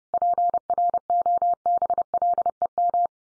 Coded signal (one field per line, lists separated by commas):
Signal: Morse code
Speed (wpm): 30 wpm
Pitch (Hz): 700 Hz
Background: none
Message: PROBLEM